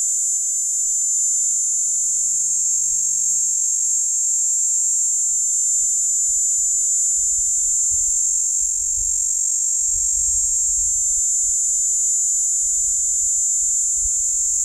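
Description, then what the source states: Platypleura plumosa cicada: a long, steady, shrill buzz, with a soft low hum early on and wind gusts later. Platypleura plumosa, recorded at Steytlerville.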